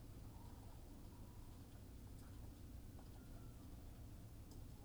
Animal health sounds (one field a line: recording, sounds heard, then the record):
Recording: poultry house recording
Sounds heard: healthy chickens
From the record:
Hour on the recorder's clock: 18